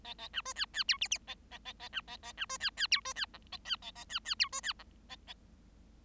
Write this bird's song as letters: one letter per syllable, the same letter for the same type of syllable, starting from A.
A A B C D D E F F A A A A B A A B C D D E C D G A D A A D D E C D G A A